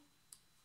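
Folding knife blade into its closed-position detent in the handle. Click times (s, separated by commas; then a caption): 0.3 s. A cheap folding titanium outdoor knife is closed, and its blade gives a single short, faint click at 0.3 s as it catches in the closed-position detent in the handle. The catch is only slight and not enough to secure the knife closed.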